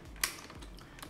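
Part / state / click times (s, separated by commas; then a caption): wire connector into its socket in an automatic espresso machine / seated / 0.2 s. A sensor wire connector is plugged back into its socket inside a Delonghi automatic espresso machine. The connector was unplugged earlier and is now pushed in until it clicks. A single sharp, loud click at 0.2 seconds shows it seating, followed by quieter ticks near 0.8 and 1.0 seconds.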